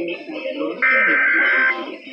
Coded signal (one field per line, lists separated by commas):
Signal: Emergency Alert System (SAME) tones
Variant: header bursts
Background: speech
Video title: Los Angeles Required Monthly Tests (EAS #1146-1169) 6/25/19